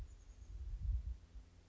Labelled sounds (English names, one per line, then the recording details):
Chestnut-backed Chickadee
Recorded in Sonoma County, California